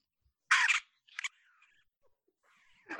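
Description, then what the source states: Raccoons fighting: a harsh burst of squealing chatter, then a shorter squeal, quieter sounds, and another harsh burst at the end. Fighting raccoons, recording played back as an example of animal screams and howls mistaken for a legendary monster.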